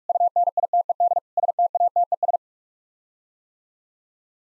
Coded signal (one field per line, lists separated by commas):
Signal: Morse code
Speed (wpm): 41 wpm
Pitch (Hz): 700 Hz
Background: none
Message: UNITED STATES